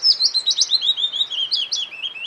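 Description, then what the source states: Willow warbler song: a soft, sweet cascade of high whistled notes falling in pitch. Sings in meadows and clearings with scattered small trees, bushes or willows; heard there almost certainly.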